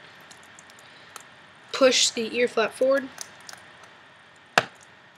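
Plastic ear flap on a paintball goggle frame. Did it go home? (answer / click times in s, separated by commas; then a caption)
released / 4.6 s. Someone talks, then at 4.6 seconds the plastic ear flap on a Dye I4 paintball goggle frame is pushed forward and gives one sharp, loud click. The ear flap is released and sits open, freeing the lens to be pushed out.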